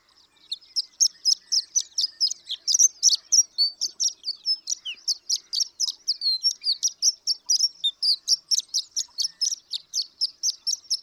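Horned lark song of thin, high tinkling notes repeated briskly and steadily throughout, forming one unbroken rippling stream.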